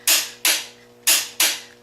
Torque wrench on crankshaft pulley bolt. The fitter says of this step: we want to make your torque wrench click up these 5 times to ensure that things are tightened down properly